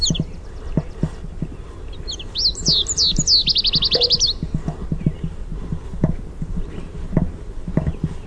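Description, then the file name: American goldfinch contact song: slurred sweet whistles followed by a fast, even series of bright notes, with frequent clicks and taps in the background. Contact song with "sweeet" notes. "AMGO contact song sweeet"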